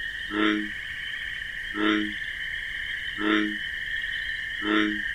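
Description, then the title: Bullfrog giving four short, deep croaks in a steady rhythm, backed by an unbroken high-pitched cricket chorus. Nocturnal wetland scene with marsh grasses, crickets chorusing alongside a bullfrog's deep 'jug-o-rum' call. "Bullfrog Sound. The Wondrous Wetlands"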